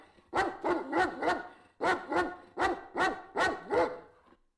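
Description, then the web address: Dog giving a run of hoarse barks, roughly three per second, in short volleys separated by brief gaps. Dog running around and barking in the countryside. "Auf dem Land herumrennender,bellender hund"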